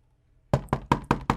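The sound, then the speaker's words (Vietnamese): Five quick, evenly spaced knocks on a room door, sharp and loud, following a brief moment of silence. No voices are heard. “Tiếng gõ cửa không ngừng vang lên bên ngoài cửa phòng”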